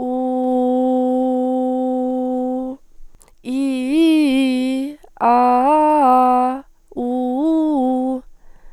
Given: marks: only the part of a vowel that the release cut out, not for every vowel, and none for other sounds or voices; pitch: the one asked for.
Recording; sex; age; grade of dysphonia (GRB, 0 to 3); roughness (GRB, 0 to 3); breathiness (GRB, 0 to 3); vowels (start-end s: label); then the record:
sustained vowels; female; 20 to 29 years; 0; 0; 0
0.31-2.56 s: vowel /u/, low pitch
3.59-4.74 s: vowel /i/, low-high-low pitch
5.34-6.43 s: vowel /a/, low-high-low pitch
7.07-8.08 s: vowel /u/, low-high-low pitch
From the record:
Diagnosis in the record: healthy voice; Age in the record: 22 years